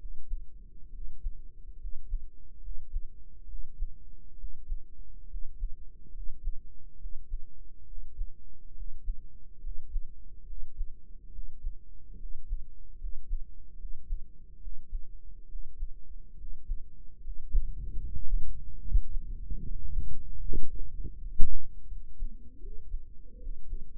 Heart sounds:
heart sounds by microphone in the right ear; 72 bpm
0.88 s: heartbeat
1.76 s: heartbeat
2.58 s: heartbeat
3.44 s: heartbeat
4.34 s: heartbeat
5.26 s: heartbeat
6.09 s: heartbeat
6.96 s: heartbeat
7.83 s: heartbeat
8.72 s: heartbeat
9.58 s: heartbeat
10.43 s: heartbeat
11.29 s: heartbeat
12.15 s: heartbeat
12.96 s: heartbeat
13.75 s: heartbeat
14.57 s: heartbeat
15.45 s: heartbeat
16.34 s: heartbeat
17.19 s: heartbeat
17.96 s: heartbeat
18.77 s: heartbeat
19.61 s: heartbeat
20.42 s: heartbeat
21.16 s: heartbeat
21.85 s: heartbeat
22.57 s: heartbeat
23.37 s: heartbeat
From the record:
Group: healthy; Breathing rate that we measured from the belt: 8 breaths a minute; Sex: male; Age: 20 years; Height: 167 cm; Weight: 61 kg

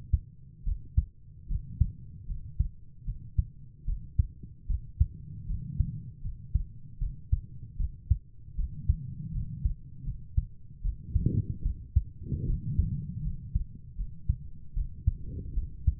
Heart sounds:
heart sounds by stethoscope; 76 bpm
0.65 s: heartbeat
1.49 s: heartbeat
2.28 s: heartbeat
3.06 s: heartbeat
3.86 s: heartbeat
4.68 s: heartbeat
5.47 s: heartbeat
6.23 s: heartbeat
6.99 s: heartbeat
7.78 s: heartbeat
8.57 s: heartbeat
9.33 s: heartbeat
10.05 s: heartbeat
10.83 s: heartbeat
11.63 s: heartbeat
12.46 s: heartbeat
13.23 s: heartbeat
13.97 s: heartbeat
14.74 s: heartbeat
15.55 s: heartbeat
From the record:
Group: healthy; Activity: rest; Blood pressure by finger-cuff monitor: 120/70 mmHg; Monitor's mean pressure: 83 mmHg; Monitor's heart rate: 75 bpm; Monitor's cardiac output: 6.3 L/min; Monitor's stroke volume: 81 mL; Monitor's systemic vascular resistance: 950 dyn s/cm5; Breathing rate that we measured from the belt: 16 breaths a minute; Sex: female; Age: 22 years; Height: 160 cm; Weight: 63 kg

